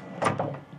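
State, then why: Seated. A bathroom door in a 2024 Airstream Atlas with E1 campervan swings shut against its motorhome door frame with a soft broadband thud around 0.2–0.3 s. Its locking latch then gives a sharp click at 0.4 s as it seats into place, locking the door so it cannot be opened until the release is pressed back down.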